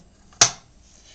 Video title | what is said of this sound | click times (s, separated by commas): How to Load Dispenser | Drop the rail, and then you're going to close the lid till it clicks, and | 0.4 s